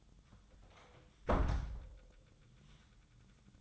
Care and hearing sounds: daily activity, microphone in the room; close door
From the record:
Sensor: 3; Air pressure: 1004.9 hPa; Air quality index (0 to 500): 75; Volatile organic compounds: 2 ppm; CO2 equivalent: 1128 ppm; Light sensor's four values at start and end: 8/19/8/7 and 8/19/8/7

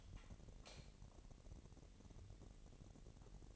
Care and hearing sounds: daily activity, microphone in the room; light on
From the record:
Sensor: 4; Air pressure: 1012.8 hPa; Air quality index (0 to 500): 248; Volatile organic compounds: 4 ppm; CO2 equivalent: 1650 ppm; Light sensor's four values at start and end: 14/33/13/13 and 16/39/15/16

